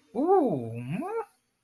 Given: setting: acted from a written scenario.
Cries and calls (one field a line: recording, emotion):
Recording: vocal sound without words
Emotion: negative surprise